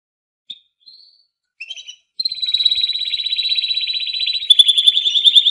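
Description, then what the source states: Canary singing: a few scattered short chirps, then from about two seconds a continuous high rolling trill that shifts into a louder, sharper trill near the end. Canary presented as a competition first-place winner, singing in full, energetic voice.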